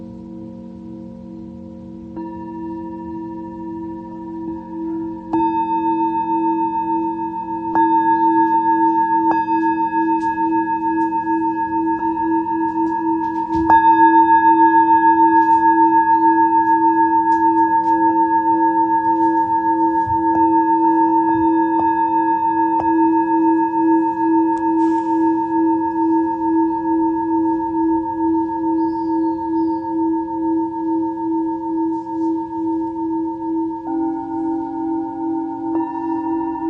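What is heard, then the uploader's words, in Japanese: Singing bowls ring in long, sustained tones for sound healing, layered so several pitches hum together with a slow wavering pulse. New strikes land around 5, 8, 14 and 34 seconds, each swelling the sound, which is loudest near 14 seconds and then slowly fades. メキシコから シンギングボウルのサウンドヒーリング ライブ。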